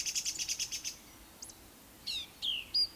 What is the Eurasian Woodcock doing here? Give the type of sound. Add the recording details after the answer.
whistle. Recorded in Baden-Württemberg, Germany, on 26 May 2020 at 19:46 UTC. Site 45304, 487 m above sea level